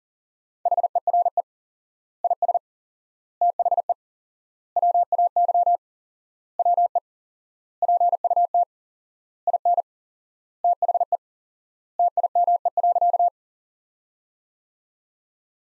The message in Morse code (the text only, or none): HERE IS THE WAY WE PUT IN THE TIME.